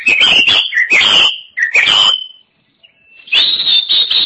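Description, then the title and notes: Oriental magpie-robin giving loud, varied whistled phrases with buzzy edges, a brief silence, then a long sustained high warble. Chirping song. "Suara Kicauan Burung Kacer Durasi Panjang. Suara kicauan burung kacer format mp3 durasi panjang"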